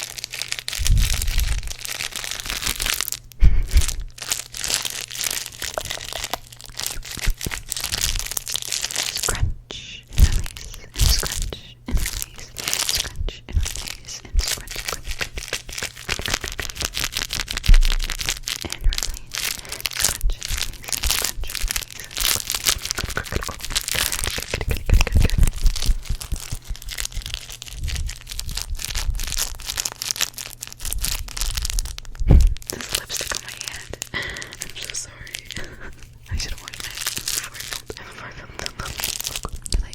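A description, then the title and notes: Fast mouth sounds and brushing, with dense crinkly rustles, sharp tearing bursts and a low steady hum underneath. ASMR Invisible Triggers (Fast & Aggressive) Mouth Sounds, Brushing, Rambles, Super Tingly.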